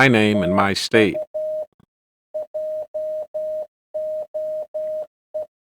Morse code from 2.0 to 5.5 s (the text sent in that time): JOE